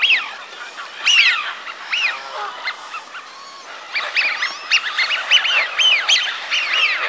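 Eurasian wigeon whistles, many overlapping rising-then-falling 'wheeoo' notes from several birds, with softer whistles in between.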